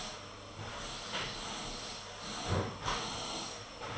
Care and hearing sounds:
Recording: daily activity, microphone in the room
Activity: vacuum cleaning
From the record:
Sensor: 4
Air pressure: 996.0 hPa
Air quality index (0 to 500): 47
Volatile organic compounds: 1 ppm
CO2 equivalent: 751 ppm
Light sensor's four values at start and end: 17/45/17/18 and 16/43/16/17

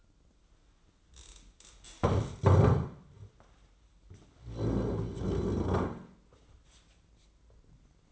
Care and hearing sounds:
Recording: daily activity, microphone in the room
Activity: stand up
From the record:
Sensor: 3

